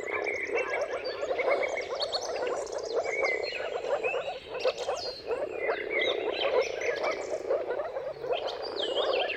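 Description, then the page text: Moor frogs in a mating chorus: dense, soft bubbling calls from many frogs overlapping continuously, with several birds singing and chirping above. Many moor frogs giving mating calls in a dawn chorus at sunrise, at the turn of March and April, timing depending on weather. "Jakub-Orzecki moor frogs. Dawn’s Chorus: Mating Calls of Marsh Frogs at Sunrise. Depending on the weather at the turn of March and April, you can witness an amazing spectacle of moor frogs"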